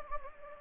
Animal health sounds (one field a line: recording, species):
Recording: mosquito wingbeat signal from an infrared sensor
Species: Anopheles gambiae